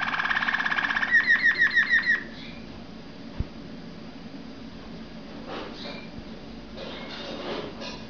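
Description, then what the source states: Waterslager canary giving a short whistle and a quick string of repeated notes for about two seconds, then mostly quiet with faint sounds. Breed also called Malinois.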